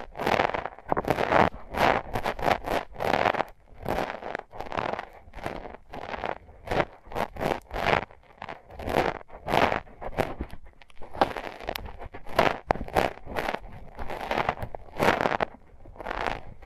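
Tape is rubbed and pulled over microphones in a dense run of crackling, scratchy bursts that rarely pause for long. The strokes come in quick, irregular clusters, each a bright sticky rasp, with short quiet gaps between them and one sharp tick near the middle.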